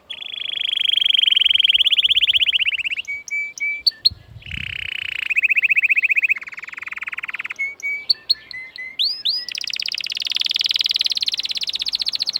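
Canary singing long, even rolling trills that switch pitch from phrase to phrase, broken by quick chirps and whistled slides, then ending on a high, rapid buzzing roll.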